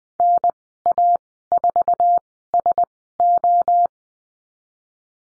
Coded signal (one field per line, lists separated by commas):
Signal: Morse code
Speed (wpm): 20 wpm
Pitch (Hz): 700 Hz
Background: none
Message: NA4SO